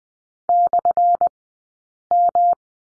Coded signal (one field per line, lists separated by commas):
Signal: Morse code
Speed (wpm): 20 wpm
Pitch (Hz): 700 Hz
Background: none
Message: /M